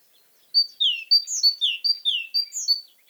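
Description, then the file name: Great tit calls: a steady stream of bright paired notes, a higher level note followed by a falling one, repeated quickly for over two seconds. "Parus major"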